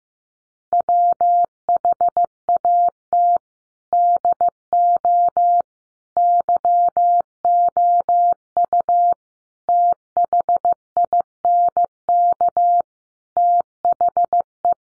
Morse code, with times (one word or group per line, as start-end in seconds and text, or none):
0.7-3.4 WHAT
3.9-5.6 DO
6.2-9.1 YOU
9.7-12.8 THINK
13.4-14.7 THE